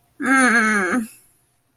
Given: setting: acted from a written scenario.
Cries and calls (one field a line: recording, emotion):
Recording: vocal sound without words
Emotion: sadness